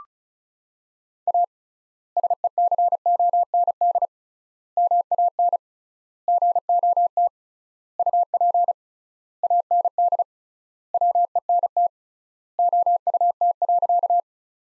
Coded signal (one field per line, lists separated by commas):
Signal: Morse code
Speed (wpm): 36 wpm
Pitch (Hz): 700 Hz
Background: none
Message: A SECOND MAN GOT UP AND WENT OUT.